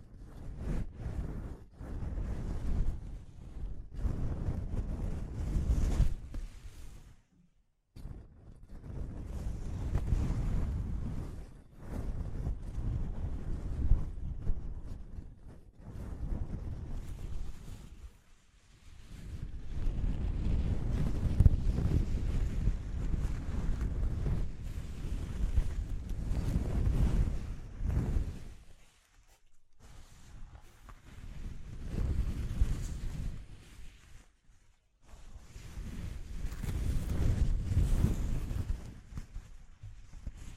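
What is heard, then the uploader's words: Gusty wind buffets the microphone in deep rumbling surges lasting several seconds, broken by brief quiet gaps near 8, 29 and 35 seconds. ASMR Exploring Textures (No Talking).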